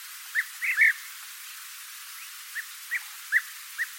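Bird giving short, high chirps, a quick cluster of three followed by four evenly spaced single notes, against a faint hiss.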